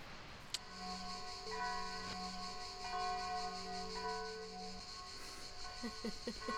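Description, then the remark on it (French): Church bells ring steadily, their overlapping metallic tones humming and sustaining after each strike, with fresh peals every second or so; a voice briefly starts at the very end. “C'est marrant, à chaque fois que je te pose cette question, il y a des cloches qui se mettent à sonner.”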